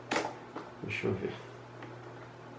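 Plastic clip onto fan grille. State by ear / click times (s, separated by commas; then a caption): not seated / none. A plastic clip is handled against the front grille of a Mondial 40 cm six-blade fan during assembly, giving a sharp tap near 0.1 s and lighter ticks near 0.6 s and 1.8 s over a steady low hum, while someone talks briefly. Nothing has seated or clicked yet.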